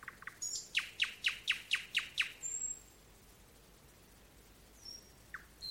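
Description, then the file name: Nightingale song: a few opening chips lead into a loud series of evenly repeated notes, followed by a thin high whistle and a long quiet gap with faint notes. "solovej - solovei"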